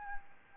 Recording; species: mosquito wingbeat signal from an infrared sensor; Aedes albopictus